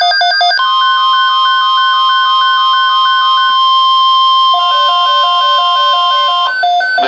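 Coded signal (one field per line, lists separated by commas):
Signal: Emergency Alert System (SAME) tones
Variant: 1050 Hz attention tone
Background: music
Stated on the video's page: Series of EAS alerts received on a new radio; loud.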